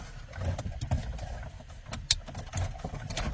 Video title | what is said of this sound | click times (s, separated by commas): Don't know how to install an Android car head unit? Watch this @jlistdiy | and it'll just snap right in just like this. | 2.1 s